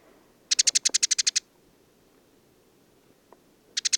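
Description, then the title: Desert sparrow song: a quick dry trill of about ten buzzy high notes lasting under a second, a pause of quiet, then another trill beginning at the end. Male Passer simplex singing from the top of an acacia, Oasis de Mayateg, Mauritania, 22 February 2019; twittering song with trills and inventions recalling Common Linnet; windless; parabolic dish, MixPre-3. "Le Moineau blanc du désert - Mauritanie"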